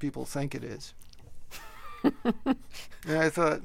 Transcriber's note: laughter